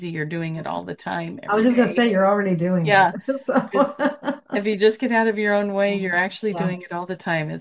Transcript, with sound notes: You're doing it all the time every day.
I was just gonna say, you're already doing it.
Yeah.
So. (laughs)
If you just get out of your own way, you're actually doing it all the time.